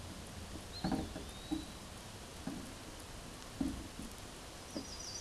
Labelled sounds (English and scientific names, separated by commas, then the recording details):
Eastern Wood-Pewee (Contopus virens) song
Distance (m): 45 m
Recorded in a Pennsylvania forest on 17 May 2023 at 14:15
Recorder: AudioMoth, point grid1_36_low
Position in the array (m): 81 m, 201 m